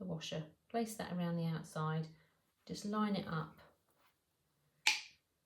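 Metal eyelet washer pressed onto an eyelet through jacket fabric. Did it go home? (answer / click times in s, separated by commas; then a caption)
yes / 4.9 s. Someone talks while lining up a metal eyelet washer, ridged side facing down, around an eyelet pushed through jacket fabric. At 4.9 s a sharp click sounds as the washer is squeezed with setting pliers, and it seats in place.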